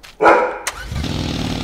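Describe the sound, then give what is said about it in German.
A single loud, deep bark from a seven-year-old dog bursts out, followed by a short sharp click and then a steady noisy rumble with a slight rise at the end. “Wenn er bellt, wird's laut, ne?”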